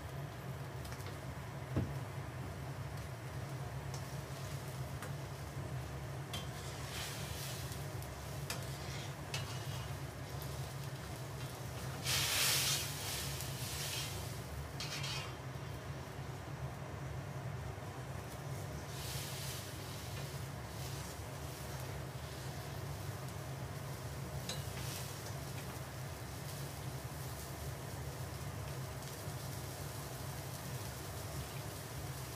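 A steady low hum of simmering food runs throughout, broken by occasional bright scraping strokes of knife sharpening, strongest around twelve seconds.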